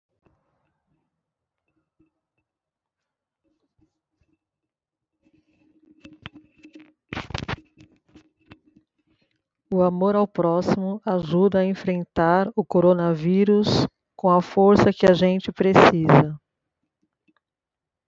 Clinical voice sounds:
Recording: spoken sentence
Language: Brazilian Portuguese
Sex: female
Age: 50 to 59 years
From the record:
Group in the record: control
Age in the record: 54 years

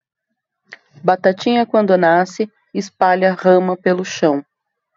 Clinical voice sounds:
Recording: short text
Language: Brazilian Portuguese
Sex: female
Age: 30 to 39 years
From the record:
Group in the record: control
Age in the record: 34 years

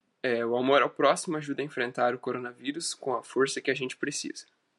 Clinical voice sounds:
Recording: spoken sentence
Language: Brazilian Portuguese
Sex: male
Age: 18 to 19 years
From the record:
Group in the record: control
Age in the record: 19 years

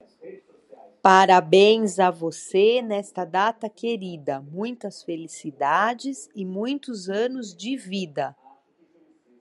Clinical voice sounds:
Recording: short text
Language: Brazilian Portuguese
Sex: female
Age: 50 to 59 years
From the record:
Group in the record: control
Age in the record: 50 years

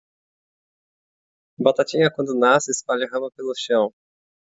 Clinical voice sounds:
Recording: short text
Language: Brazilian Portuguese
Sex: male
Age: 20 to 29 years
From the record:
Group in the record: control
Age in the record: 29 years

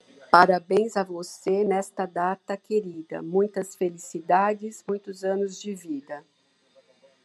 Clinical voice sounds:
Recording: short text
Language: Brazilian Portuguese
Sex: female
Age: 50 to 59 years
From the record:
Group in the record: control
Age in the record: 59 years

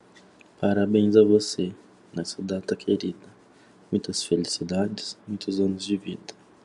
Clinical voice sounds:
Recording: short text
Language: Brazilian Portuguese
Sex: male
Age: 30 to 39 years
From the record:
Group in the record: control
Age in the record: 34 years

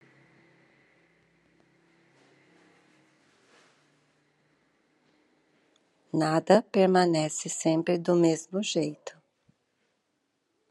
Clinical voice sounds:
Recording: short text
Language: Brazilian Portuguese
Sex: female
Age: 50 to 59 years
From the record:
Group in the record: control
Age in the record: 58 years

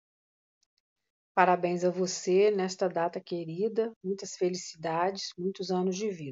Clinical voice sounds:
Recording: short text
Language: Brazilian Portuguese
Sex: female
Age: 50 to 59 years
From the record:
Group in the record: control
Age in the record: 54 years

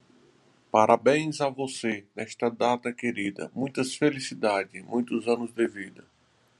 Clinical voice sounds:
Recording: short text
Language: Brazilian Portuguese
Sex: male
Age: 50 to 59 years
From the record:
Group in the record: control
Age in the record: 50 years

